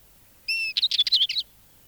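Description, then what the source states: Northern Wheatear giving one short phrase: a steady high whistled note followed by a fast string of crackly, buzzing notes. Field recording released on cassette in Finland in 1987.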